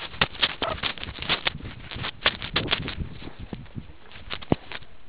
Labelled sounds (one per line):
meerkat close call